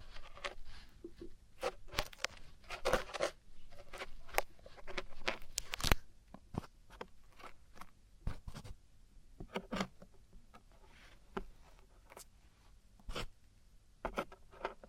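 Traditional Chinese ear cleaning, heard as a run of small scratchy scrapes and brief crackles that come irregularly, several each second. Some clicks are sharp and bright, with quieter rustling scrapes between them and a low steady hum underneath.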